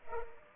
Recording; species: mosquito wingbeat signal from an infrared sensor; Culex pipiens